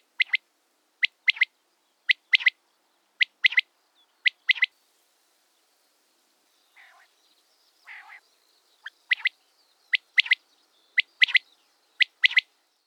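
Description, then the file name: Common quail song: sharp, liquid three-note phrases repeated roughly once a second, a pause of about four seconds filled with quiet growling notes, then more triplets. "wachtel"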